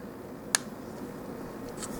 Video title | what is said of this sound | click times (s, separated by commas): Transformers Collaborative X Gigawatt | but this joint here and this does click into place there | 0.5 s